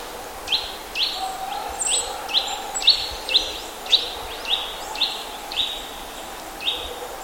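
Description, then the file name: Eurasian nuthatch calls: many short, sharp notes repeated in a series over background noise. "Sitta europaea"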